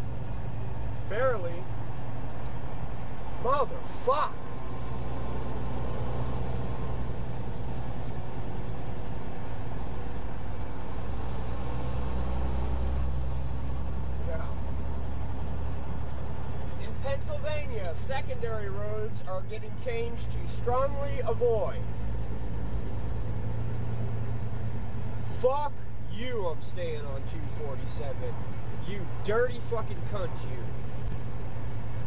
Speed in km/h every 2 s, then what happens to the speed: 50, 50, 48, 48, 50, 50, 55, 56, 56, 55, 53, 55, 58, 58, 56, 58.
0-11 steady at about 50. 11-13 speeds up to 56. 13-32 steady at about 56.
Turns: none.